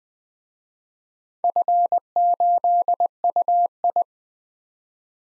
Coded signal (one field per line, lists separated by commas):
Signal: Morse code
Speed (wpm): 20 wpm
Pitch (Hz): 700 Hz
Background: none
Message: F8UI